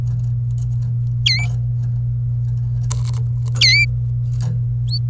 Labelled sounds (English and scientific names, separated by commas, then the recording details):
Domestic Canary (Serinus canaria) song
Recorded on 26 April 2018 at 16:38
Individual llb3